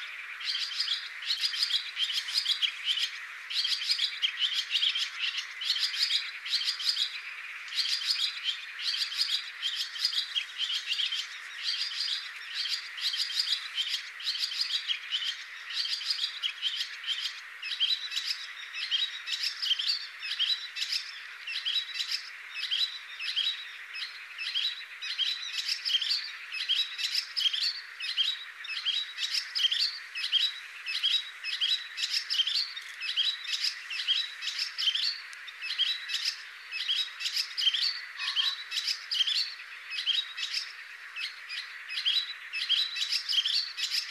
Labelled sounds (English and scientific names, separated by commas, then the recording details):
Barn Swallow (Hirundo rustica) song
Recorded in the wild
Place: Damtschik/Wolgadelta, RU
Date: 2006-05-21
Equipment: MiniDisc Sharp MT 20 H
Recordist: Schwarz, Dieter
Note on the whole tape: Song